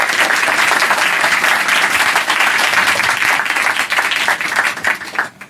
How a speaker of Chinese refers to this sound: 咁我哋再一次呢以最热烈嘅掌声欢迎陈冠中先生。